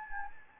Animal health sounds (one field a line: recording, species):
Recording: mosquito wingbeat signal from an infrared sensor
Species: Anopheles gambiae